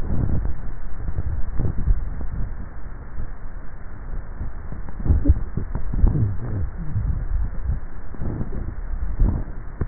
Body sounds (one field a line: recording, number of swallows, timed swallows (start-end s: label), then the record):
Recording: swallowing sounds by neck microphone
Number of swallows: 3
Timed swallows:
1.58-2.48 s: swallow
5.22-5.95 s: swallow
8.42-9.25 s: swallow
From the record:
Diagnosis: dysphagia